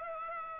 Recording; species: mosquito wingbeat signal from an infrared sensor; Aedes aegypti